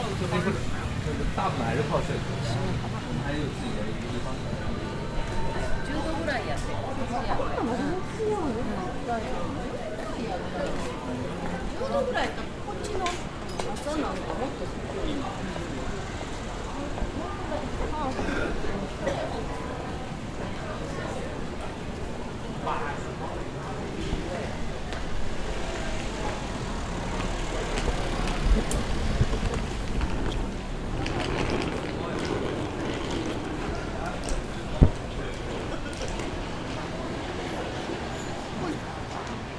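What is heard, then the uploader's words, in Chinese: A busy covered market street, with a steady, dense murmur of many voices from shoppers and vendors. Footsteps, clinks and brief knocks come and go throughout, with a sharp click near thirty-five seconds and a faint low hum of traffic underneath. 京都锦市场。Nishiki Market (錦市場), Kyoto, Japan。是位于京都市中京区中部锦小路通中「寺町通 - 高仓通」区间的一条商店街。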